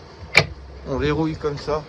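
A person locks the bottom locking piece of a closed hinged window shutter by hand, and it engages with a sharp click at 0.4 s. Someone talks right afterward, and the lock is seated.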